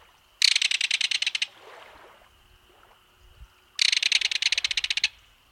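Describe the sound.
Kingfisher rattling call, a fast dry series of harsh clicks lasting about a second, given twice with a pause between, over a faint steady high tone.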